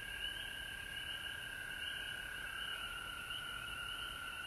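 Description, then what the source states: Chorus of frogs, an unbroken mid-pitched trill plus a higher pulsing layer, holding steady across the whole stretch. Recorded at home in Georgia on March 19, 2020.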